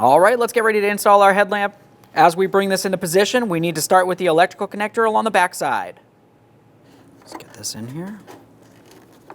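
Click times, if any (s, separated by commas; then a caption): none. Someone talks while a headlamp assembly for a 2013-2020 Ford Fusion is brought into position, with the vehicle harness electrical connector about to be pushed into the back of the headlamp. After the talking stops around 6 s, quiet handling and rustling noises follow, with a few brief faint taps. Nothing has seated or clicked yet.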